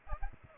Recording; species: mosquito wingbeat signal from an infrared sensor; Aedes aegypti